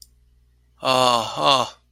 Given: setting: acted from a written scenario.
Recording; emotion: vocal sound without words; sympathy